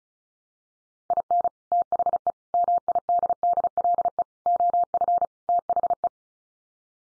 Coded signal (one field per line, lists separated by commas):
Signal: Morse code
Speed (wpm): 34 wpm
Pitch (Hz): 700 Hz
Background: none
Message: IN THE MIDDLE OF THE